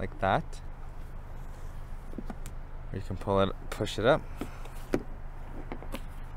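Someone talks while the folded rear seatback of a 2014 Honda CR-V EX AWD is handled and pushed back up toward its latch and the striker on the car body, with a few brief knocks from the handling. Nothing has seated or clicked yet; the clip ends just before the seatback latch locks.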